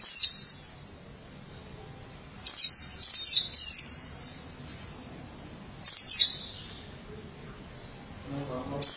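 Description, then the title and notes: White-eye song: a few high, shrill twittering phrases separated by pauses of a couple of seconds, with a faint low hum beneath. "Suara kicauan burung pleci"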